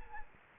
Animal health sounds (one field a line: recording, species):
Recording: mosquito wingbeat signal from an infrared sensor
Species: Anopheles gambiae